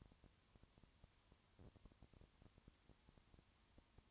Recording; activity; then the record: daily activity, microphone in the room; no activity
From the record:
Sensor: 3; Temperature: 20.5 degrees Celsius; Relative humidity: 34.6%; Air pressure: 1001.1 hPa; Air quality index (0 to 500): 195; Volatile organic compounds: 6 ppm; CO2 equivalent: 1857 ppm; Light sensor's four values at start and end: 2/3/2/2 and 2/3/2/2